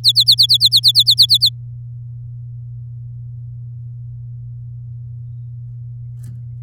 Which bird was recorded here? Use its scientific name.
Serinus canaria